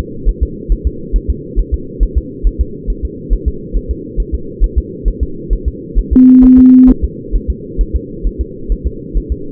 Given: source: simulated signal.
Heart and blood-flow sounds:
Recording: fetal heart sounds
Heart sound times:
0.29 s: S1
0.43 s: S2
0.72 s: S1
0.87 s: S2
1.16 s: S1
1.30 s: S2
1.59 s: S1
1.74 s: S2
2.03 s: S1
2.18 s: S2
2.47 s: S1
2.61 s: S2
2.90 s: S1
3.05 s: S2
3.33 s: S1
3.48 s: S2
3.77 s: S1
3.91 s: S2
4.20 s: S1
4.34 s: S2
4.64 s: S1
4.78 s: S2
5.08 s: S1
5.23 s: S2
5.53 s: S1
5.68 s: S2
5.99 s: S1
6.13 s: S2
6.44 s: S1
6.59 s: S2
6.90 s: S1
7.04 s: S2
7.36 s: S1
7.50 s: S2
7.81 s: S1
7.96 s: S2
8.27 s: S1
8.41 s: S2
8.72 s: S1
8.87 s: S2
9.17 s: S1
9.32 s: S2
From the record:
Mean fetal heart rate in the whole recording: 135 bpm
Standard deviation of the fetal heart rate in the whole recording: 3 bpm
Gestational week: 36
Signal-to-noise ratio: -4.3 dB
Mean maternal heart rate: 72 bpm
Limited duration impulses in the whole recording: present

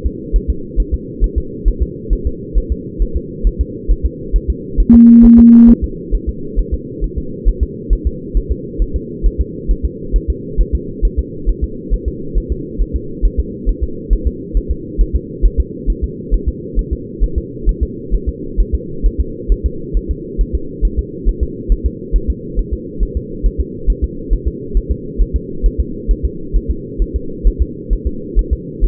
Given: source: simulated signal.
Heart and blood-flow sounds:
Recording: fetal heart sounds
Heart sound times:
0.06 s: S2
0.36 s: S1
0.50 s: S2
0.80 s: S1
0.94 s: S2
1.24 s: S1
1.38 s: S2
1.68 s: S1
1.83 s: S2
2.13 s: S1
2.27 s: S2
2.58 s: S1
2.72 s: S2
3.02 s: S1
3.16 s: S2
3.47 s: S1
3.61 s: S2
3.91 s: S1
4.06 s: S2
4.36 s: S1
4.50 s: S2
4.80 s: S1
4.95 s: S2
5.25 s: S1
5.39 s: S2
5.70 s: S1
5.84 s: S2
6.15 s: S1
6.29 s: S2
6.59 s: S1
6.74 s: S2
7.04 s: S1
7.18 s: S2
7.48 s: S1
7.63 s: S2
7.93 s: S1
8.07 s: S2
8.37 s: S1
8.52 s: S2
8.82 s: S1
8.96 s: S2
9.26 s: S1
9.41 s: S2
9.71 s: S1
9.85 s: S2
10.16 s: S1
10.30 s: S2
10.61 s: S1
10.75 s: S2
11.05 s: S1
11.19 s: S2
11.49 s: S1
11.64 s: S2
11.94 s: S1
12.08 s: S2
12.38 s: S1
12.52 s: S2
12.81 s: S1
12.96 s: S2
13.25 s: S1
13.40 s: S2
13.69 s: S1
13.83 s: S2
14.13 s: S1
14.27 s: S2
14.57 s: S1
14.71 s: S2
15.01 s: S1
15.16 s: S2
15.45 s: S1
15.60 s: S2
15.90 s: S1
16.04 s: S2
16.34 s: S1
16.48 s: S2
16.79 s: S1
16.93 s: S2
17.24 s: S1
17.38 s: S2
17.69 s: S1
17.83 s: S2
18.14 s: S1
18.29 s: S2
18.60 s: S1
18.75 s: S2
19.06 s: S1
19.20 s: S2
19.52 s: S1
19.66 s: S2
19.97 s: S1
20.11 s: S2
20.41 s: S1
20.55 s: S2
20.85 s: S1
20.99 s: S2
21.29 s: S1
21.43 s: S2
21.72 s: S1
21.86 s: S2
22.16 s: S1
22.30 s: S2
22.59 s: S1
22.73 s: S2
23.03 s: S1
23.17 s: S2
23.46 s: S1
23.61 s: S2
23.90 s: S1
24.04 s: S2
24.33 s: S1
24.48 s: S2
24.77 s: S1
24.91 s: S2
25.22 s: S1
25.36 s: S2
25.66 s: S1
25.80 s: S2
26.11 s: S1
26.25 s: S2
26.56 s: S1
26.71 s: S2
27.02 s: S1
27.16 s: S2
27.47 s: S1
27.62 s: S2
27.93 s: S1
28.07 s: S2
28.39 s: S1
28.53 s: S2
28.84 s: S1
From the record:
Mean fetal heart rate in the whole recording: 135 bpm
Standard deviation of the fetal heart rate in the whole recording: 3 bpm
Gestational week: 36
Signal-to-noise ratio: -4.3 dB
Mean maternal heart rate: 72 bpm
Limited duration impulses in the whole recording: present

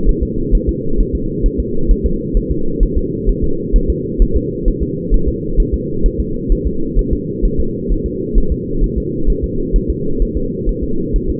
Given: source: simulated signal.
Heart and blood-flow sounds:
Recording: fetal heart sounds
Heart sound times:
0.09 s: S1
0.23 s: S2
0.55 s: S1
0.69 s: S2
1.00 s: S1
1.15 s: S2
1.46 s: S1
1.60 s: S2
1.91 s: S1
2.06 s: S2
2.37 s: S1
2.51 s: S2
2.83 s: S1
2.97 s: S2
3.29 s: S1
3.44 s: S2
3.76 s: S1
3.90 s: S2
4.22 s: S1
4.36 s: S2
4.68 s: S1
4.83 s: S2
5.14 s: S1
5.28 s: S2
5.60 s: S1
5.74 s: S2
6.06 s: S1
6.20 s: S2
6.52 s: S1
6.67 s: S2
6.99 s: S1
7.13 s: S2
7.45 s: S1
7.60 s: S2
7.92 s: S1
8.06 s: S2
8.38 s: S1
8.52 s: S2
8.84 s: S1
8.98 s: S2
9.30 s: S1
9.44 s: S2
9.76 s: S1
9.90 s: S2
10.22 s: S1
10.37 s: S2
10.69 s: S1
10.83 s: S2
11.16 s: S1
11.30 s: S2
From the record:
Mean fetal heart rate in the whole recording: 130 bpm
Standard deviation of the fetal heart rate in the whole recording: 2 bpm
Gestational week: 38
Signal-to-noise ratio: -8.1 dB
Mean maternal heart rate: 72 bpm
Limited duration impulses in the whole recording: absent

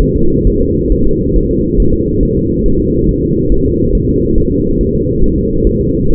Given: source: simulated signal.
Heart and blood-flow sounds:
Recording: fetal heart sounds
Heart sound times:
0.02 s: S1
0.16 s: S2
0.47 s: S1
0.62 s: S2
0.92 s: S1
1.06 s: S2
1.36 s: S1
1.51 s: S2
1.80 s: S1
1.94 s: S2
2.23 s: S1
2.37 s: S2
2.66 s: S1
2.80 s: S2
3.09 s: S1
3.23 s: S2
3.52 s: S1
3.66 s: S2
3.95 s: S1
4.09 s: S2
4.38 s: S1
4.52 s: S2
4.81 s: S1
4.95 s: S2
5.24 s: S1
5.38 s: S2
5.67 s: S1
5.81 s: S2
6.10 s: S1
From the record:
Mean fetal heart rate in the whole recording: 135 bpm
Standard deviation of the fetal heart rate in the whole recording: 3 bpm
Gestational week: 36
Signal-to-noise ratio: -16.4 dB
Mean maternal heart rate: 72 bpm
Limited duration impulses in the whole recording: present

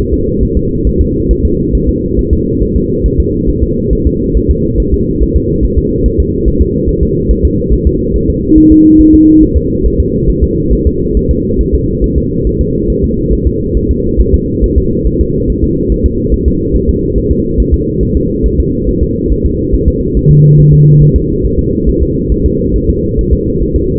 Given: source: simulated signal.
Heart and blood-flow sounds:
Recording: fetal heart sounds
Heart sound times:
0.13 s: S2
0.43 s: S1
0.57 s: S2
0.87 s: S1
1.01 s: S2
1.31 s: S1
1.45 s: S2
1.75 s: S1
1.89 s: S2
2.19 s: S1
2.33 s: S2
2.62 s: S1
2.76 s: S2
3.06 s: S1
3.20 s: S2
3.50 s: S1
3.63 s: S2
3.93 s: S1
4.07 s: S2
4.37 s: S1
4.50 s: S2
4.80 s: S1
4.94 s: S2
5.22 s: S1
5.36 s: S2
5.65 s: S1
5.78 s: S2
6.06 s: S1
6.20 s: S2
6.48 s: S1
6.62 s: S2
6.89 s: S1
7.03 s: S2
7.31 s: S1
7.45 s: S2
7.73 s: S1
7.87 s: S2
8.16 s: S1
8.30 s: S2
8.58 s: S1
8.72 s: S2
9.01 s: S1
9.15 s: S2
9.43 s: S1
9.57 s: S2
9.86 s: S1
10.00 s: S2
10.30 s: S1
10.44 s: S2
10.73 s: S1
10.87 s: S2
11.17 s: S1
11.31 s: S2
11.61 s: S1
11.75 s: S2
12.04 s: S1
12.18 s: S2
12.47 s: S1
12.61 s: S2
12.90 s: S1
13.04 s: S2
13.33 s: S1
13.47 s: S2
13.77 s: S1
13.91 s: S2
14.21 s: S1
14.34 s: S2
14.64 s: S1
14.78 s: S2
15.07 s: S1
15.21 s: S2
15.50 s: S1
15.64 s: S2
15.92 s: S1
16.06 s: S2
16.34 s: S1
16.48 s: S2
16.75 s: S1
16.89 s: S2
17.18 s: S1
17.31 s: S2
17.60 s: S1
17.74 s: S2
18.03 s: S1
18.17 s: S2
18.46 s: S1
18.60 s: S2
18.89 s: S1
19.03 s: S2
19.32 s: S1
19.46 s: S2
19.74 s: S1
19.88 s: S2
20.17 s: S1
20.31 s: S2
20.60 s: S1
20.74 s: S2
21.02 s: S1
21.16 s: S2
21.45 s: S1
21.59 s: S2
21.89 s: S1
22.03 s: S2
22.32 s: S1
22.46 s: S2
22.76 s: S1
22.90 s: S2
23.19 s: S1
23.33 s: S2
23.62 s: S1
23.76 s: S2
From the record:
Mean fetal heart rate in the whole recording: 140 bpm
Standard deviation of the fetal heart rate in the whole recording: 2 bpm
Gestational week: 34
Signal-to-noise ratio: -10.2 dB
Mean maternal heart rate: 72 bpm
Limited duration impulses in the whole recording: present

